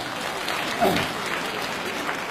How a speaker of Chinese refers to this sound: 更应该感谢的是我们热情的观众给我们这么好的掌声。哎呀，真是，我谢谢大家。